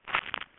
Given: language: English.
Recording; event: throat vibration sensor signal played as sound; swallow